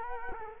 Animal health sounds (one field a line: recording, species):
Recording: mosquito wingbeat signal from an infrared sensor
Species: Culex quinquefasciatus